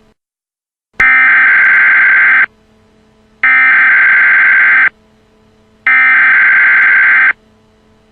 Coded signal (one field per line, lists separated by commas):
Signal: Emergency Alert System (SAME) tones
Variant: header bursts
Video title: Ringo EAS